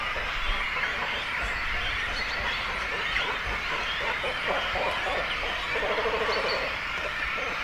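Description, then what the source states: Cormorants in a busy colony, constant raspy chatter, with a rapid low croaking rattle standing out near the end. Breeding cormorant colony with chicks, at Zemitz, Germany.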